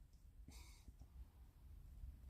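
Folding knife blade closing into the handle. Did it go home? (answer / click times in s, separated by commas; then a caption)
no / none. A well-used, whittled-down Sheffield pocket knife (J. Nowill and Sons / Maple and Co), possibly with a lamb's foot type blade, is handled as its folding blade is brought toward closing into the handle. A brief hissy rustle is heard around 0.5–0.9 s, followed by a couple of faint soft ticks near 0.9 and 1.0 s over low background hum. The blade has not snapped shut yet, and nothing has seated.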